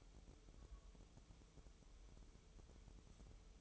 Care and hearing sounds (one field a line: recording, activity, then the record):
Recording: daily activity, microphone in the room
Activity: take from stove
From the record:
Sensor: 1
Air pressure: 988.4 hPa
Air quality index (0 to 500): 201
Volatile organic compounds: 1000 ppm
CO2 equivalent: 5383 ppm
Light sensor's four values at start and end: 27/98/37/39 and 27/98/37/39